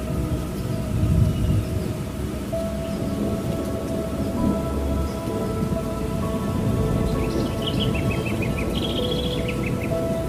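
A steady low rumble of storm and rain fills the scene, with sustained soft tones above and a few bird chirps near seven to ten seconds.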